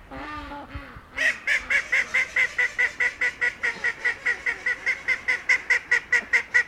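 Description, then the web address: Duck calls, two drawn-out notes at the start, then a steady rapid series of short harsh quacks until the end. Effelder Waldsee, 20 December 2021; recorded with a Zoom recorder. "2021 12 20-Effelder Waldsee Ente"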